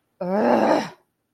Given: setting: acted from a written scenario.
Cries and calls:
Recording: vocal sound without words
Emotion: anger

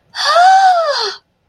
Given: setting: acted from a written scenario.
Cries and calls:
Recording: vocal sound without words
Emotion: positive surprise

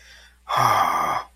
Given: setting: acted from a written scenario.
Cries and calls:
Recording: vocal sound without words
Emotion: shame

